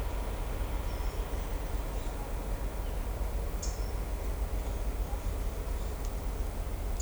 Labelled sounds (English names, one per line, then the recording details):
Blue-gray Tanager
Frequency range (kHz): Blue-gray Tanager 3.5-8.3 kHz
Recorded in shrubland near Pivijay, Magdalena, Colombia, on 3 June 2023 at 14:00
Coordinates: 10.453, -74.365
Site P5-G022